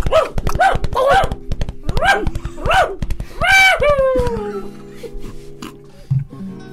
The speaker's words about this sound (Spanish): Tres o cuatro galgos corren a su costado, ladrando con desesperación.